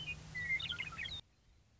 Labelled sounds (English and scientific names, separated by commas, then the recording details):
Western Meadowlark (Sturnella neglecta)
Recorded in Sonoma County, California